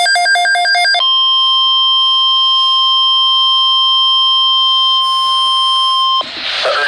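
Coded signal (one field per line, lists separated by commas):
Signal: Emergency Alert System (SAME) tones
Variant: 1050 Hz attention tone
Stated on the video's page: Compilation of EAS alert captures including a Required Weekly Test, Flash Flood Watches and High Wind Warnings.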